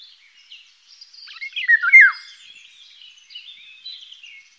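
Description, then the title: Eurasian golden oriole song: one rich, fluty, yodelling whistle that slides downward, set against a continuous thin, high twittering of other small birds. Recorded in Germany, Austria, Switzerland. "European Songbird Songs Calls Europäische Singvögel. Pirol"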